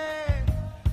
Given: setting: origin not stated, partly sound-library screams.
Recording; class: one-second piece from a danger detection set; normal situation